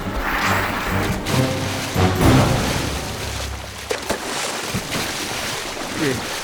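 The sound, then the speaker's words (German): Two people plunge into a river at the foot of a mountain after a sled ride: continuous churning water with sloshing and splashing, a broad noisy rush that swells and dips over several seconds, with a few sharper splashy bursts along the way. “Am Fuß des Berges plumpsen sie in einen Fluss.”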